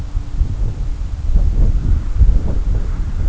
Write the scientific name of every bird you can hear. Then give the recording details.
none. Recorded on Arctic tundra, site CORI-1, on 20 June 2018. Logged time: 20:00